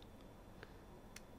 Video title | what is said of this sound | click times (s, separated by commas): NEW Tech Hohem X2 iSteady Japan Rain Walk Test 3 Axis Gimbal iPhone Android Smartphone Stabilizer | until it snaps | 1.2 s